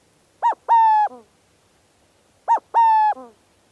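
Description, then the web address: Burrowing Owl hoots: a clipped first note and a held, even second note with a soft falling end, repeated twice about two seconds apart. "burrowing owls howdy birds"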